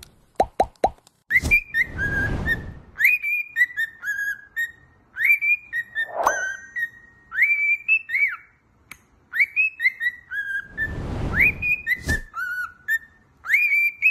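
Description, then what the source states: Cockatiel whistling a repeated rising-then-falling phrase, broken by sharp clicks, a couple of brief noisy rushes and a short low squawk. More than one cockatiel, singing with whistles.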